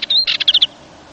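Dartford warbler song: a brief scratchy phrase with a thin whistled note and a few quick high chirps.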